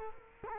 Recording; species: mosquito wingbeat signal from an infrared sensor; Culex quinquefasciatus